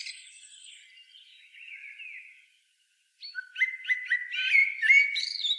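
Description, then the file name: Common blackbird giving soft, high trailing notes, then after a pause a loud run of repeated chirping notes building into a squeaky warble. "Turdus merula"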